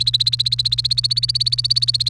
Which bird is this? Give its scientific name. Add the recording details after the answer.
Serinus canaria. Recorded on 28 April 2018 at 17:52. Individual llb3